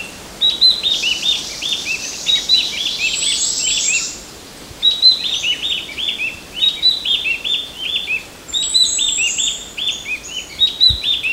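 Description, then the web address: Mountain wren-babbler chattering calls: rapid series of short, slightly descending chirpy notes in bursts, pausing near four seconds, with a thin high hiss or whistle. Recorded on Mount Kinabalu at Bukit Ular, 14 August 2009. "MTKINABALUBUKITULAR. mountain wren-babbler"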